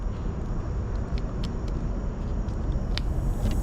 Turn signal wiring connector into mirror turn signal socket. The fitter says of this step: until you hear a click and there you go oh wrong way there you go now you have the full